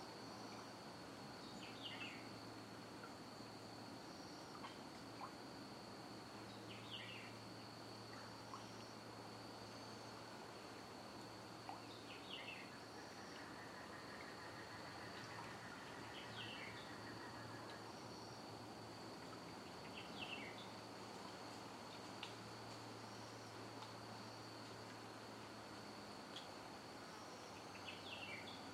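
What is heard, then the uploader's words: Outdoor ambience at a wildlife refuge on a Florida island: a steady high insect whine runs throughout over a constant low engine-like hum. Short bird chirps repeat every few seconds, and a faint rapid trill appears in the middle of the clip. J N Ding Darling National Wildlife Refuge on Sanibel Island, Florida.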